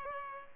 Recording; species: mosquito wingbeat signal from an infrared sensor; Culex pipiens